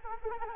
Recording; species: mosquito wingbeat signal from an infrared sensor; Anopheles arabiensis